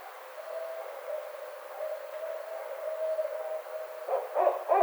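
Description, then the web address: Barred owl calling, a long faint steady hoot held for several seconds, then three louder hooting notes near the end. Recorded on 29 May 2009. "Barred Owl 2009 05 29"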